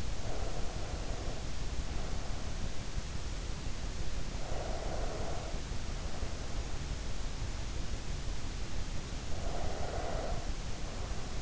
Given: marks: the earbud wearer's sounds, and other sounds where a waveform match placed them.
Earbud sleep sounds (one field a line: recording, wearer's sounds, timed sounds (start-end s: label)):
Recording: sounds in sleep by an in-ear microphone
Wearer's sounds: breath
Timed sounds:
0.00-2.62 s: breath
4.22-6.97 s: breath
9.14-11.42 s: breath